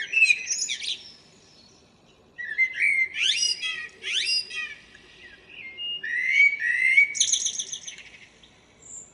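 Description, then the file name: Common blackbird song, several mellow whistled phrases, each closing with rapid high squeaky notes, separated by brief pauses. "Turdus merula"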